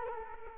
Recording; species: mosquito wingbeat signal from an infrared sensor; Culex quinquefasciatus